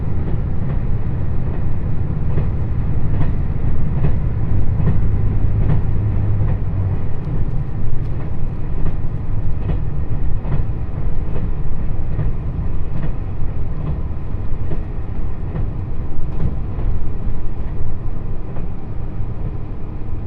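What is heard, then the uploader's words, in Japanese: A limited express train on the Kōtoku Line, the Uzushio 24, running from Tokushima toward Sanbonmatsu. A steady, heavy low rumble fills the whole stretch, with faint clicks and knocks arriving every second or so. The higher sounds stay muffled throughout. 高徳線 徳島→三本松 特急うずしお24号。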